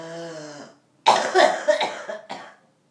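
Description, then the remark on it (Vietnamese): A short low voiced sound gives way to a rapid run of about five harsh, raspy coughs, loud and breathy, tapering off at the end with no talking. A person coughs hard on purpose during guided meditation to clear the lungs. “Ho cho thoát rồi lại buông lỏng và chú ý nghe hơi thở.”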